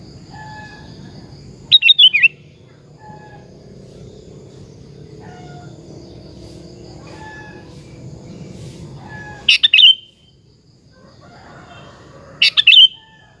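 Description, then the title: Sooty-headed bulbul: three short chirpy phrases spaced a few seconds apart, over low background noise. "Kutilang"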